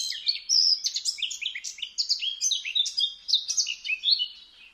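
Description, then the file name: Eurasian blackcap song: a fast, continuous warble of varied high chirps and slurred notes, tumbling up and down without pause for the whole stretch. "Sylvia atricapilla"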